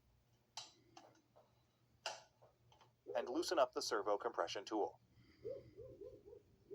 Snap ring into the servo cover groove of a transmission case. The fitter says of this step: Install the servo snap ring into the snap ring groove. Make sure it snaps into place